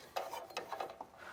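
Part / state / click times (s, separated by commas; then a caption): plastic wiring harness plug into its mating connector / not seated / none. The tab end and clip end of a plastic wiring harness plug for a Pacbrake Bravo Wireless Air Spring Controls install are handled and pushed firmly toward its mating connector. Short plastic knocks and rubbing scrapes are heard, with the sharpest taps around 0.2, 0.6, 0.7 and 0.8 s. Nothing has clicked or seated yet.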